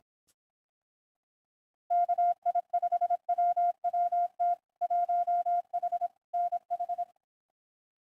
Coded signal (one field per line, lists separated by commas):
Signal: Morse code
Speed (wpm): 24 wpm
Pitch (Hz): 700 Hz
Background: none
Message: KI5WWT 1H NH